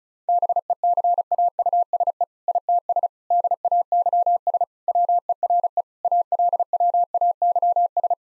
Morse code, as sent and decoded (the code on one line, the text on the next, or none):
-... . -.-. .- ..- ... . / .. - ... / -.. .- -.-- ... / .-- . .-. . / .- .-.. .-- .- -.-- ...
BECAUSE ITS DAYS WERE ALWAYS